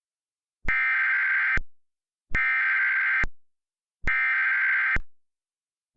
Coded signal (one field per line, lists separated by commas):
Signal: Emergency Alert System (SAME) tones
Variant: header bursts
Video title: No Turning Back - An EAS Scenario Mini